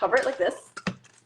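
Someone talks while closing the plastic lid of a vacuum canister sealer base over a bag laid inside, after the vacuum holes have been checked clear, followed by a few short handling knocks near 0.9 s and a faint one near 1.2 s. The lid is being handled but nothing has seated or clicked into place yet.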